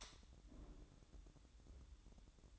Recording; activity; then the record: daily activity, microphone in the room; light on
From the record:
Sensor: 3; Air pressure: 1007.9 hPa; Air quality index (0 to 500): 106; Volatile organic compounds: 1 ppm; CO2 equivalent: 886 ppm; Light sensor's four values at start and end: 9/22/9/8 and 16/43/19/16